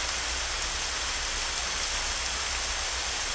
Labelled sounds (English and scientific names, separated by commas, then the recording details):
none
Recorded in dense forest near Puerto Asís, Putumayo, Colombia, on 26 December 2024 at 11:30
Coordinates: 0.484, -76.325
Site G056